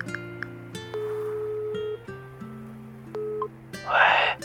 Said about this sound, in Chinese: 许少卿在冷风中头脑再次发热，用手指掐灭了烟头，掏出电话拨了个号。